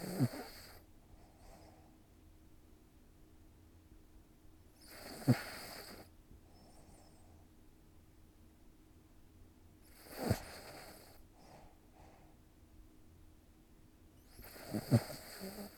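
An adult snoring in a steady rhythm, with a loud snore about every five seconds and quiet pauses between.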